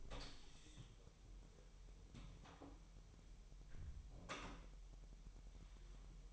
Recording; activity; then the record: daily activity, microphone in the room; close door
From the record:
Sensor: 1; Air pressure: 1001.2 hPa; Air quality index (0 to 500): 250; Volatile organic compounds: 149 ppm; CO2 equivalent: 4017 ppm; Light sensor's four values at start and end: 12/29/12/13 and 12/29/12/13